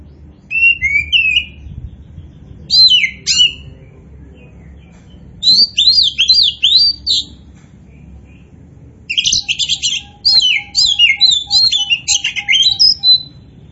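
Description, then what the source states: Oriental magpie-robin song with bursts of chattering, swooping and scratchy notes broken by silent gaps, the last phrase longest; faint hum beneath. Kacer poci type, singing vigorously ('gacor').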